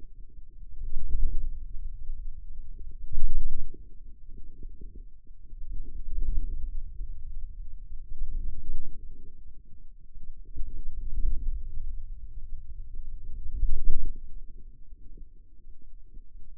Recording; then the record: forearm muscle sounds (acoustic myography)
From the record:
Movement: wrist flexion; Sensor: system 2, bracelet of six BSWA MPA416 microphones around the upper forearm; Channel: 5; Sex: male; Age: 22 years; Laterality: right